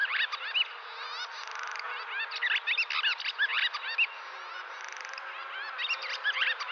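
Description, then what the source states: Barn Swallow song: rapid squeaky chirps and warbled notes broken by brief rasping rattles. Several swallows at Tullig, West Clare, at natural speed; these summer birds winter in South Africa and set off back in February.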